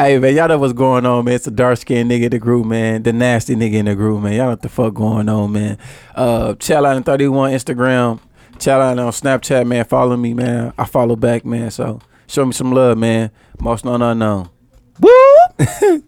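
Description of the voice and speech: An adult man talks casually in fluent, clear bursts, then whoops; ordinary speech with no disorder.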